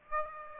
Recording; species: mosquito wingbeat signal from an infrared sensor; Aedes aegypti